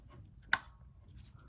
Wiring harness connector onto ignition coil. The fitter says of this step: anyways once you get that difficult one on you put the other three on and they should click into place